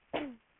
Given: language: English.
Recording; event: throat vibration sensor signal played as sound; cough